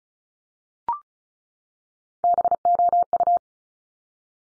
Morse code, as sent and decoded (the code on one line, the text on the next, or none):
-... --- ..-
BOU